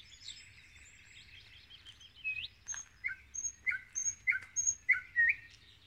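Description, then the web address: Common nightingale singing a soft jumble of high whistles and chatter that builds into a rhythmic run of loud, repeated notes. "rossignol ordinaire chant du rossignol"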